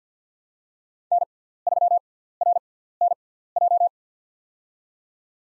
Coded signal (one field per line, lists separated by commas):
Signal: Morse code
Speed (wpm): 50 wpm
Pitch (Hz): 700 Hz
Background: none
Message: N3RNJ